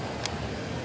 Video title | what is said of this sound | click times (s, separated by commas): 3DR Reveals Solo Aerial Video Quadcopter at NAB 2015 | so the battery is pretty easy to change it's just a uh a click in place | 0.3 s